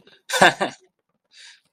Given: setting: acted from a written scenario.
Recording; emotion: vocal sound without words; amusement